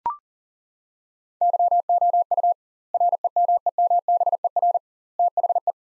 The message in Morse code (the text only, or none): YOU REMEMBER THE